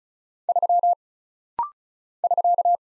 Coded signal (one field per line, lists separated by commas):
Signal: Morse code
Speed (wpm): 36 wpm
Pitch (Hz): 700 Hz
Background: none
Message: 3 <SK>